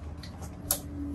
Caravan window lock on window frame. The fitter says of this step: Locks open just like that, as you can see.